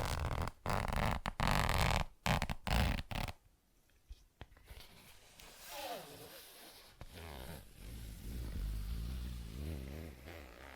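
ASMR tapping and scratching sounds, opening with a dense, rough rustle broken by short sharp silences and taps over the first three seconds. A quiet pause follows with a few faint clicks, then softer, wavering scratching builds steadily through the remaining seconds.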